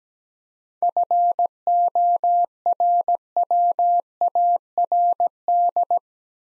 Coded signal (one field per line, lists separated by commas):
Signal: Morse code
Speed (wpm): 17 wpm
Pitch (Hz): 700 Hz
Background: none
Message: FORWARD